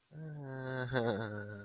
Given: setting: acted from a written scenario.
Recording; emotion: vocal sound without words; contentment